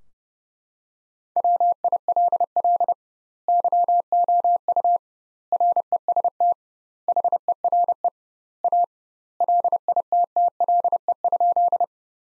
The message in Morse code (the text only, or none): WILL YOU REST HERE A LITTLE?